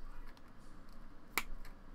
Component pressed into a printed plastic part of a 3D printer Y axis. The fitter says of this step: it goes. You heard pop into place.